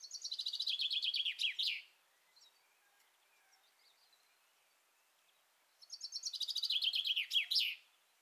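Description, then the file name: Common chaffinch delivering two cascading song phrases about six seconds apart, each a fast descending rattle of notes closing with an emphatic flourish. "Fringilla coelebs"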